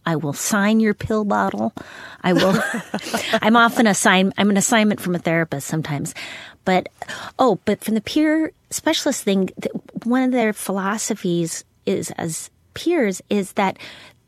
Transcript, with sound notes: I will sign your pill bottle. I will...
(Laughter).
I'm often - I'm an assignment from a therapist sometimes. But - oh, but from the peer specialist thing, one of their philosophies is - as peers - is that